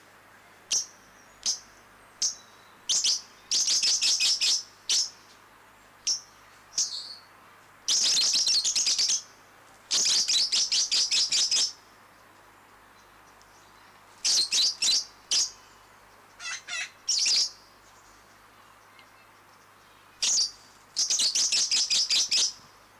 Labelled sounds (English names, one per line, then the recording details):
Fischer's Lovebird call
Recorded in captivity
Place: Tiergarten Wilhelma/Stuttgart, Baden-Württemberg, DE
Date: 2004-10-03 18:27
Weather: bedeckt - heiter, 17°C
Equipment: Sony WM-D6C, Sennheiser ME 80, Kopie Uher 4000 Report Monitor
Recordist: Tembrock, Günter